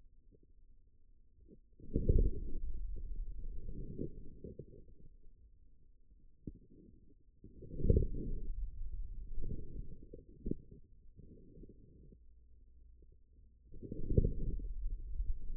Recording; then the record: forearm muscle sounds (acoustic myography)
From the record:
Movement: outward rotation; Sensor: system 2, bracelet of six BSWA MPA416 microphones around the upper forearm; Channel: 6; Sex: male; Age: 22 years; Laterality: right